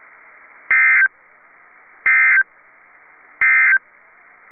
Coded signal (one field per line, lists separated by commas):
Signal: Emergency Alert System (SAME) tones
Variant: end-of-message bursts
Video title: Austin/San Antonio CAE (EAS #872)